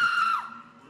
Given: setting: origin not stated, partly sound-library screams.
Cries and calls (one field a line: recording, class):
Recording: one-second piece from a danger detection set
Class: woman in danger